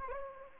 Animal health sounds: mosquito wingbeat signal from an infrared sensor; Anopheles arabiensis

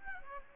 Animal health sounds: mosquito wingbeat signal from an infrared sensor; Aedes albopictus

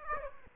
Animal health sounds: mosquito wingbeat signal from an infrared sensor; Aedes aegypti

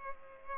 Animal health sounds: mosquito wingbeat signal from an infrared sensor; Culex pipiens

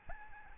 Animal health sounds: mosquito wingbeat signal from an infrared sensor; Aedes albopictus

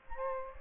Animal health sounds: mosquito wingbeat signal from an infrared sensor; Aedes aegypti

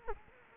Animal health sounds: mosquito wingbeat signal from an infrared sensor; Culex quinquefasciatus

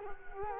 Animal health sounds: mosquito wingbeat signal from an infrared sensor; Culex quinquefasciatus

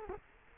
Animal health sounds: mosquito wingbeat signal from an infrared sensor; Culex quinquefasciatus

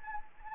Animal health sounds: mosquito wingbeat signal from an infrared sensor; Anopheles gambiae

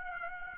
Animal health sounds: mosquito wingbeat signal from an infrared sensor; Aedes aegypti

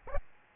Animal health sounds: mosquito wingbeat signal from an infrared sensor; Aedes albopictus

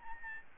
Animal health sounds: mosquito wingbeat signal from an infrared sensor; Aedes albopictus

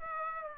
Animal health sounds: mosquito wingbeat signal from an infrared sensor; Aedes aegypti

